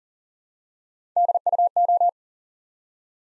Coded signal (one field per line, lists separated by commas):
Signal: Morse code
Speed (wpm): 38 wpm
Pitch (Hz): 700 Hz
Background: none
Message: DUO